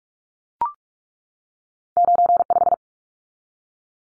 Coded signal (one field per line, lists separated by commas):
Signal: Morse code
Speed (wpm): 44 wpm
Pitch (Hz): 700 Hz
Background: none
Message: 95